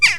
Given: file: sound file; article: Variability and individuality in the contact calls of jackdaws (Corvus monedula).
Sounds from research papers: jackdaw call; harmonic

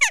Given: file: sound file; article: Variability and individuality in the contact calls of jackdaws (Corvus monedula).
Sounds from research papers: jackdaw call; harmonic

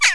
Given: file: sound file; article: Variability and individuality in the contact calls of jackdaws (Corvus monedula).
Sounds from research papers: jackdaw call; harmonic

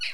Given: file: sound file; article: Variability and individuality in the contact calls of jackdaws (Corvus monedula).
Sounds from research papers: jackdaw call; noisy

